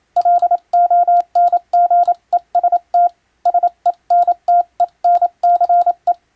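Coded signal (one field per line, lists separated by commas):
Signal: Morse code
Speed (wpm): 27 wpm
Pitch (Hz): 700 Hz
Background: none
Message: LONGEST SENTENCE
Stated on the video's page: Morse practice sending ship-to-shore style telegrams, using a Japanese radio foundation's international telegram sending practice book.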